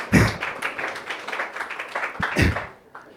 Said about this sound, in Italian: Sì, facciamolo, vaffanculo, vai, fate sto applauso.